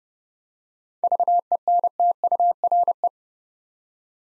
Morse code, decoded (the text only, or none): VENTURE